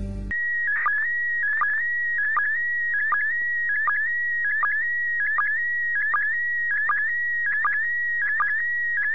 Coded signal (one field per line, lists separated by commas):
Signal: SSTV (slow-scan television)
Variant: PD 180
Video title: SSTV SLOW SCAN TV FROM THE ISS International Space Station 12 04 2015[HD]